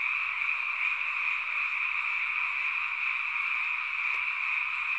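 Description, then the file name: Frogs in a dense, continuous chorus of overlapping calls forming a steady, unbroken wall of sound. "kaeru"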